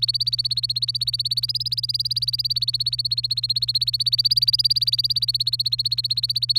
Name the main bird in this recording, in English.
Domestic Canary